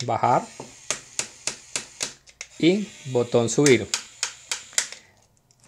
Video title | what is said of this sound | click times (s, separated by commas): NUEVO Bulldozer a Control Remoto HUINA 1569 Bulldozer RC en Español Colombia | escucharse si alcanzan a escuchar el click ese click es típico del | 4.2 s, 4.5 s, 4.8 s